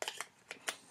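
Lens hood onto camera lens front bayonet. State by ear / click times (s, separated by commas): not seated / none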